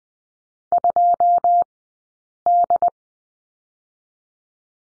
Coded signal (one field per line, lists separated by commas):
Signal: Morse code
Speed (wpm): 20 wpm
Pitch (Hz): 700 Hz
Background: none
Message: 2D